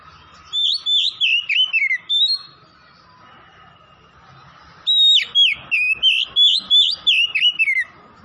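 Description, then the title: Oriental magpie-robin song, two energetic bursts of rapid, slurred whistles separated by a pause of a few seconds, with a soft background hum. Singing vigorously (gacor); Tretes. "Kacer Tretes Gacor"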